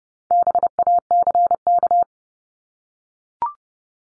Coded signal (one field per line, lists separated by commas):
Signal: Morse code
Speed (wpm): 30 wpm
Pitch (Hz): 700 Hz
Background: none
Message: BACK